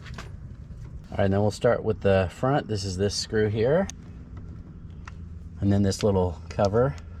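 Someone talks while handling the small plastic cover for the front screw on the interior door panel of a 2004 Toyota Tundra, with faint handling noises and a few brief sharp ticks under the voice. Nothing has seated or clicked yet; the clip ends just before the cover goes home.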